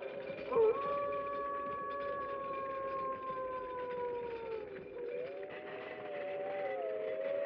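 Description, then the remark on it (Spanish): Several wolves howling together, their long, wavering cries overlapping and sliding slowly up and down in pitch, with fresh howls joining near the end; no one speaks. “El aullido de los lobos, en cambio, se acercó cada vez más, como si ellos se fuesen aproximando hacia nosotros por todos lados.”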